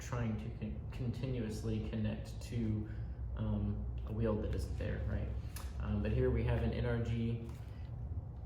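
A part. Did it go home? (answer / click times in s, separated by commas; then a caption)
no / none. Someone talks while handling a steering wheel on an aftermarket NRG quick-release hub, about to pop it onto the shaft of a Moza Racing R9 direct-drive wheel base. Nothing has clicked or seated yet; only speech is heard throughout.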